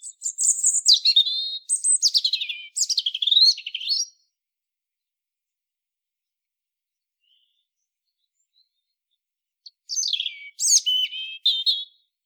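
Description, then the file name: European robin delivering a long, jumbled phrase of sweet high warbles and dropping slurs for four seconds, then a shorter tumbling phrase after several seconds of silence. "Erithacus rubecula"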